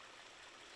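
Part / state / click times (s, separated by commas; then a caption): plastic glue guard end into the bottom cap of a sticky wasp trap / not seated / none. The end of a plastic glue guard is handled toward the bottom cap of a sticky wasp trap (TrapStik) while it is being assembled. Only a steady, broadband rushing hiss is heard, with no sudden sounds. Nothing has seated or clicked yet.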